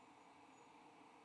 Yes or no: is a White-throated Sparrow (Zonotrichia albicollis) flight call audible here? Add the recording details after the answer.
no. No flight call is heard. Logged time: 05:27 on 29 November 2014